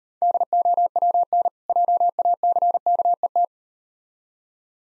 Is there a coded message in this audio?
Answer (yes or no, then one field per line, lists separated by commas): yes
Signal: Morse code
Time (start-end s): 0.2-3.5 s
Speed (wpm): 39 wpm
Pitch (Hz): 700 Hz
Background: none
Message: DOWN JACKET